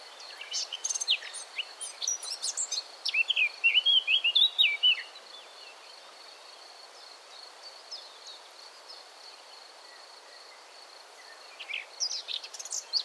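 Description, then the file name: Eurasian blackcap song: a rapid run of chattering, warbled notes lasting about five seconds, then near silence before a few scratchy notes return at the end; a steady high tone hums throughout. "Sylvia atricapilla"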